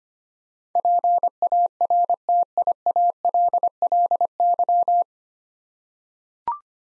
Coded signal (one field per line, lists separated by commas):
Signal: Morse code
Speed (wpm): 25 wpm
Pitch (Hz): 700 Hz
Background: none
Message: PARTIALLY